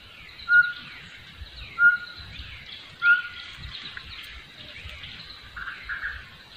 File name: Batis mixta